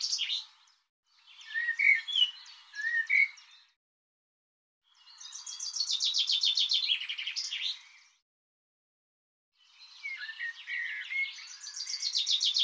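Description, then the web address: Bird song in four bursts separated by short pauses. Chirpy whistles give way to dense, rapid, high-pitched trills and jumbled twittering. Recording cleaned and normalized; bird labelled 'Tu Me Tu Me'. "cianscape birddata Deverinetal 2025 File cleaned normalized Bird Tu Me Tu Me"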